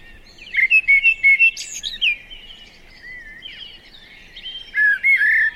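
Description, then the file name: Common blackbird song: a low, fluting warbled phrase with quick repeated notes, then a squeaky high flourish; a second warbling phrase follows near the end, over faint background hiss. "Turdus merula"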